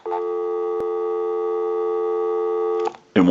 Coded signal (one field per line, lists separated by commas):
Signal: telephone call progress tone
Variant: North America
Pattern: dial tone